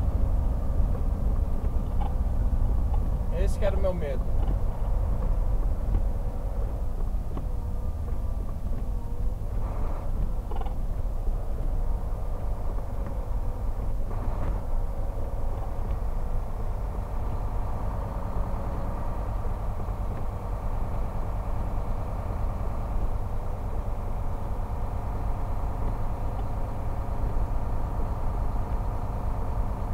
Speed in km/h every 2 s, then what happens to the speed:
39, 36, 33, 31, 27, 24, 21, 19, 18, 20, 20, 19, 18, 19, 19.
0-15 slows to 18. 15-30 steady at about 19.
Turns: none.